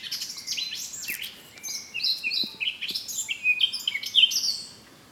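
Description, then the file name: Eurasian blackcap song, a lively chattering warble of quick notes that turns into clearer whistled tones near the end. "Sylvia atricapilla"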